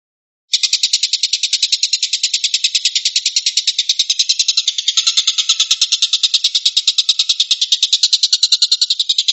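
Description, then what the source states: Stork-billed kingfisher giving a rapid rattling call, a dense run of harsh, buzzy pulses starting after a short silence and running steadily to the end. Tembakan, a rapid "shooting" call style.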